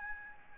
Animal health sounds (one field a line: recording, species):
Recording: mosquito wingbeat signal from an infrared sensor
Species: Aedes albopictus